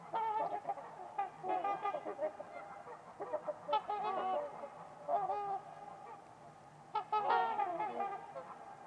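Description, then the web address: Several trumpeter swans trumpeting together, resonant nasal honks in bursts with brief pauses between. Trumpeter swans on a winter's eve at Winters Lake in a deep, quiet valley. "Trumpeter Swans on a Winter's Eve. Winters-Lake-with-Swan. Wind Is the Original Radio"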